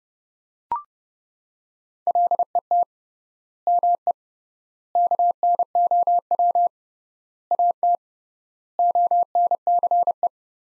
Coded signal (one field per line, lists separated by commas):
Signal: Morse code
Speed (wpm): 30 wpm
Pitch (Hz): 700 Hz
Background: none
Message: LET ME KNOW AT ONCE